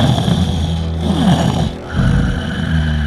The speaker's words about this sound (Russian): Рядом храпит тугарин-змей.